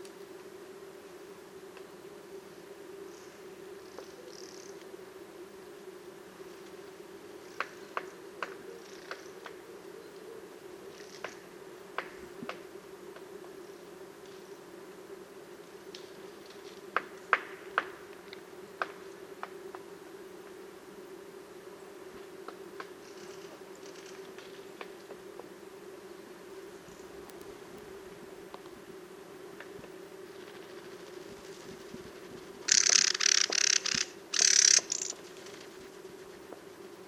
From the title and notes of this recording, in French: Safari sonore - Automne à la Sarcena. Voici le résumé d'un safari sonore effectué en forêt de Val Drôme. Beaucoup d'oiseaux en cette belle matinée ensoleillée, mais aussi beaucoup d'avions.